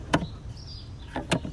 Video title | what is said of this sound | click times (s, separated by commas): Chevy Camaro SS Cabin Air Filter Replacement | slide it into place make sure it clicks on both sides | 0.1 s, 1.3 s